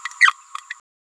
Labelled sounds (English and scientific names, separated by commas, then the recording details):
Green-rumped Parrotlet (Forpus passerinus) babbling
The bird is a female
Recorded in a nest box in Venezuela
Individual 17B31A3